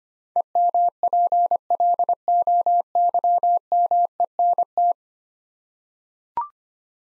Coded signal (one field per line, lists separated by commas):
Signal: Morse code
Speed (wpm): 25 wpm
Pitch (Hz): 700 Hz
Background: none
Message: EMPLOYMENT